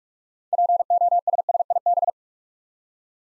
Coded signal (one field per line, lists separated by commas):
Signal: Morse code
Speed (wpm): 46 wpm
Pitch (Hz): 700 Hz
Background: none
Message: POSSIB